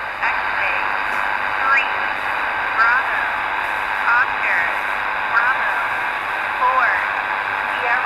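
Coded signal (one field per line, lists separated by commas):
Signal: coded military voice message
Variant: HF-GCS Emergency Action Message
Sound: short, distorted single-sideband voice words every second or so, buried in hiss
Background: radio static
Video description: This could be a coded transmission on the US Military world wide HF-GCS (High Frequency Global Communications System) network.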